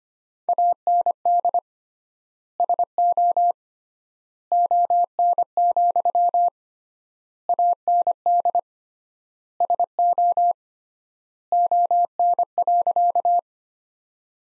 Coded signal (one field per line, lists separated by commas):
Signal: Morse code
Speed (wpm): 25 wpm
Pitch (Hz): 700 Hz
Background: none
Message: AND SO ON, AND SO ON.